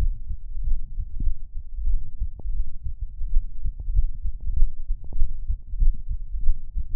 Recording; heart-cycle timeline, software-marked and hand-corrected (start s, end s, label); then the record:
heart sounds
0.00	0.13	S1
0.13	0.31	systole
0.31	0.41	S2
0.41	0.63	diastole
0.63	0.77	S1
0.77	0.95	systole
0.95	1.03	S2
1.03	1.23	diastole
1.23	1.33	S1
1.33	1.53	systole
1.53	1.63	S2
1.63	1.85	diastole
1.85	1.99	S1
1.99	2.19	systole
2.19	2.29	S2
2.29	2.53	diastole
2.53	2.65	S1
2.65	2.85	systole
2.85	2.97	S2
2.97	3.23	diastole
3.23	3.37	S1
3.37	3.59	systole
3.59	3.71	S2
3.71	3.93	diastole
3.93	4.05	S1
4.05	4.23	systole
4.23	4.33	S2
4.33	4.55	diastole
4.55	4.69	S1
4.69	4.89	systole
4.89	4.97	S2
4.97	5.19	diastole
5.19	5.29	S1
5.29	5.47	systole
5.47	5.57	S2
5.57	5.79	diastole
5.79	5.93	S1
5.93	6.11	systole
6.11	6.21	S2
6.21	6.43	diastole
6.43	6.55	S1
6.55	6.73	systole
6.73	6.83	S2
6.83	6.96	diastole
From the record:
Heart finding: aortic stenosis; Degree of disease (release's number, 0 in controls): 2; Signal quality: good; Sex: female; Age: 90 years or older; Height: 1.63 m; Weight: 60 kg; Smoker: no